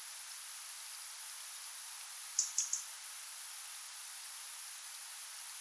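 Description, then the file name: European robin calls: three short, high, sharp ticking notes in quick succession, over a steady thin high whine and faint hiss. "Erithacus rubecula"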